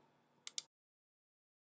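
A replacement pad, likely the headband pad, is pressed onto a Corsair VOID Pro RGB Elite gaming headset so its plastic clips snap into the frame. Two short, sharp clicks land at 0.5 s and 0.6 s over a faint background, then the clip goes silent. The pad is seated in place.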